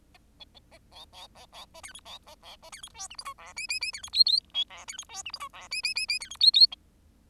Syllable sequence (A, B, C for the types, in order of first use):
A B B A C C C C A D E C A C A D E F G H I J K K K D E L L B J D E F G H I J K K K K D E L L B